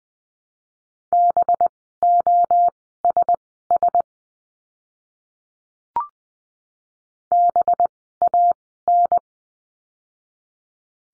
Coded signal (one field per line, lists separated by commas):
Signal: Morse code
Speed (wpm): 20 wpm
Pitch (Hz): 700 Hz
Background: none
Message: BOSS BAN